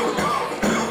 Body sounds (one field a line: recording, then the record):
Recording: coughing mixed with background sound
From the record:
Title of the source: Wet Throat Infection Cough